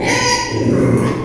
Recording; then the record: squeal of a Yucatan mini pig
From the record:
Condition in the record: before surgery on the right vocal fold (resection and tissue-engineered implant); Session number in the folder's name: 2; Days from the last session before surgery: 0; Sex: male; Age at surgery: 12 weeks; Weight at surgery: 13 kg